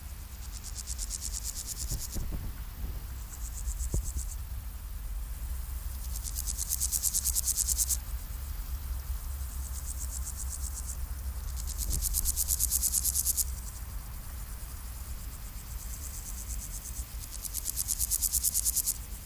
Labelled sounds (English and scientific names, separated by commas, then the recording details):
Meadow Grasshopper (Chorthippus parallelus) stridulation
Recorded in the wild
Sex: male
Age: imago
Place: Hakenfelde, Spandauer Forst, Berlin, DE
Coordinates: 52.58, 13.17
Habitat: Waldwiese
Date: 1997-08-17 16:18
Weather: 28°C, heiter, windig
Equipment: Sony MD-WM MZ-R3, Sennheiser MKH 416 T, Kopie Uher 4000 Report Monitor
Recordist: Tembrock, Günter